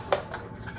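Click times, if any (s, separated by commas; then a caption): 0.1 s. A Coluber guitar cable's 1/4-inch plug is pushed into the metal output jack of a Ritmo 39-inch Strat electric guitar. A sharp, loud click sounds at 0.1 s, followed by a softer tap at 0.3 s and faint handling noise. The plug is seated in the jack.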